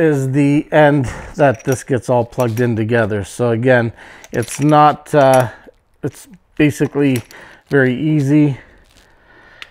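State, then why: Seated. Someone talks while the cam lock coupling of a suction hose is pushed onto its fitting on a water pump hose setup. At 9.6 s a single sharp, loud snap is heard as the coupling seats into place.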